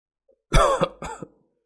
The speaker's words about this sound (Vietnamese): Trên thuyền, Diệp Hàm ho ra máu, hắn dùng khăn lụa lau đi, lẳng lặng nhìn bầu trời.